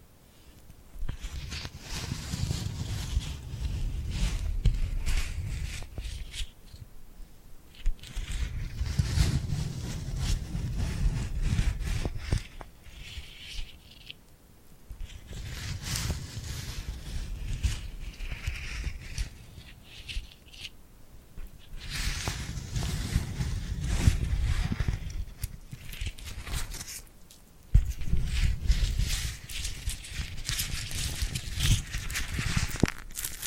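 Sticky, glued hands peel and crackle in dense bursts of bright, crisp noise with a low rub underneath, separated by brief pauses.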